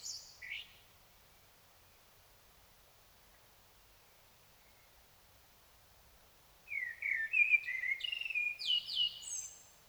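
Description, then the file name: Common blackbird song. A brief high flourish ends one phrase, then a long pause, then a fresh warbled phrase ends in high, scratchy twitters. "Turdus merula"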